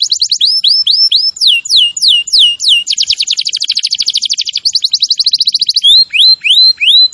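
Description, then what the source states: Canary song: looped and sweeping whistled notes, a long buzzy rolling trill, then upward-sweeping whistled notes repeated steadily. Singing in the lively 'gacor' style.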